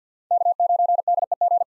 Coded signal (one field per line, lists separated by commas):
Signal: Morse code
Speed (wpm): 47 wpm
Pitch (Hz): 700 Hz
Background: none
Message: K9DEG